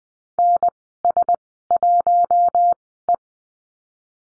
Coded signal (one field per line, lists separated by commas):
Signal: Morse code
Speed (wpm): 20 wpm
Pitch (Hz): 700 Hz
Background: none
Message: N S 1 E